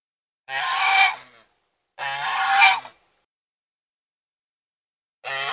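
Domestic goose producing three loud, grating honks, the first two about a second and a half apart, the third after a longer pause and cut off at the end.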